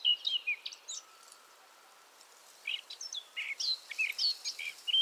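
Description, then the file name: Eurasian blackcap warbling in two short bursts of quick, high, chattering and slurred notes, separated by a quiet gap of about a second and a half. "Sylvia atricapilla"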